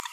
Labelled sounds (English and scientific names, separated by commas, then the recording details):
Green-rumped Parrotlet (Forpus passerinus) babbling
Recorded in a nest box in Venezuela
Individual 18B25A3